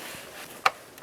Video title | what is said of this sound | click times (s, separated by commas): How to Replace Intake Manifold 2004-2009 Dodge Durango | we go. You'll be able to feel those O-rings pop into place. | 0.7 s